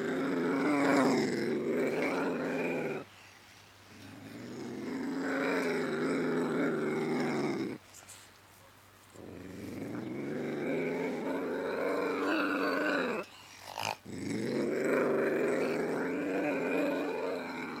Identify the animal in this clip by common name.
Ocelot